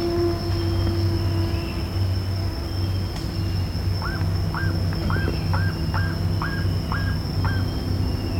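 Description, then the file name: Bird calls: a series of short hooked notes that rise then level off, repeated about every half second, over a steady low hum and a high whine. "SABIOD 50 bird 2015"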